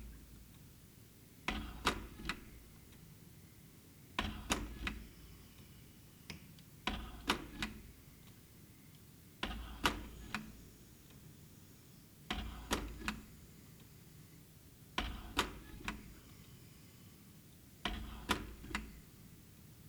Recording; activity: daily activity, guitar pickup as the sensor; manipulate door